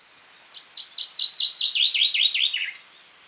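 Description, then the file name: Common chaffinch song, a fast cascade of crisp repeated notes that drops in pitch toward a terminal flourish, heard against a quiet background. "Fringilla coelebs"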